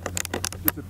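The ankle strap ratchet on a 2012/2013 Ride Rodeo snowboard binding is worked, clicking tooth by tooth as the strap tightens. Sharp clicks land at about 0.1, 0.2, 0.3, 0.3, 0.5 and 0.7 seconds, with the loudest at 0.7 seconds. The ratchet moves with an easy glide and a nice clicking motion, and the strap is drawn tighter.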